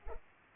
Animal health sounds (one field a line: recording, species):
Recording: mosquito wingbeat signal from an infrared sensor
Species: Culex pipiens